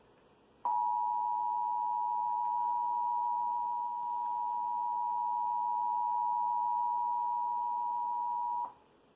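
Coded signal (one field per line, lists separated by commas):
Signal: Emergency Alert System (SAME) tones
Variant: 853 and 960 Hz attention tone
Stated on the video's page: Required monthly test received on a Comcast cable system in Indiana.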